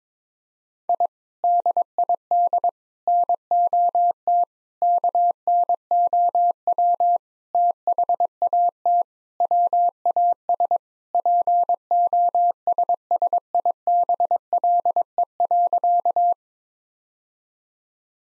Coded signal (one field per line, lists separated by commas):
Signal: Morse code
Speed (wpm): 22 wpm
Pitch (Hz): 700 Hz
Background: none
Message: I DID NOT KNOW THAT WAS POSSIBLE.